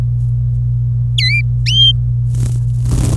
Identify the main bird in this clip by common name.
Domestic Canary